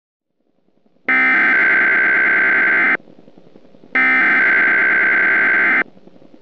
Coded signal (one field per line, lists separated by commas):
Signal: Emergency Alert System (SAME) tones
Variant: header bursts